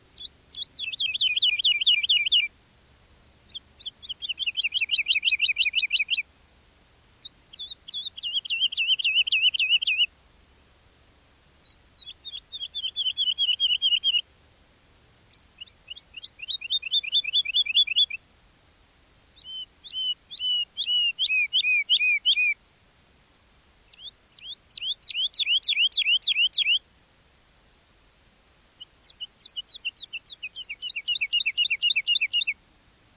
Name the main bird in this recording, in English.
Wood Lark